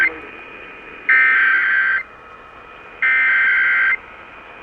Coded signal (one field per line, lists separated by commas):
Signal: Emergency Alert System (SAME) tones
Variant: header bursts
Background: speech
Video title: AN EARLY MORNING RMT! Broadcast Radio EAS: Required Monthly Test (EAS #207)